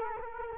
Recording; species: mosquito wingbeat signal from an infrared sensor; Culex quinquefasciatus